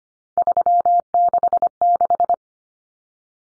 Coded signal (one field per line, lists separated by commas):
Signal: Morse code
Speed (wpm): 25 wpm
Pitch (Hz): 700 Hz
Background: none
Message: 366